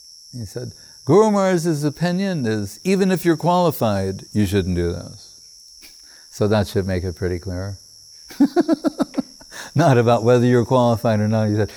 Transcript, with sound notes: he said —“Guru Mahārāj's opinion is, even if you're qualified, you shouldn't do this.” So, that should make it pretty clear. [laughing] (Laughing) Not about, whether you're qualified or not.